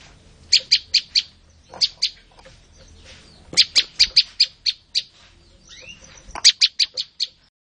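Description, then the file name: Olive-backed tailorbird singing loud, high, clipped notes in short fast runs, with brief gaps between the bursts. "suara burung prenjak lumut. omkicau"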